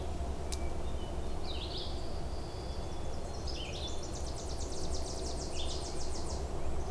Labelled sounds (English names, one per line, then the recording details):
Red-eyed Vireo song
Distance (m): 45 m
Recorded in boreal forest in Alberta, Canada, on 26 May 2016 at 07:08
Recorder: SongMeter 3, array SBT-3-15
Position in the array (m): 109 m, 193 m